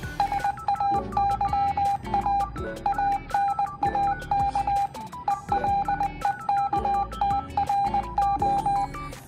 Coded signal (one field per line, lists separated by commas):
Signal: Morse code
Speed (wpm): 20 wpm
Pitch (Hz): 800 Hz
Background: music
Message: SAYA ANAK ELEKTRO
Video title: MID TERM EXAM Penggunaan Kode Morse Menggunakan Suara FT-UPNVJ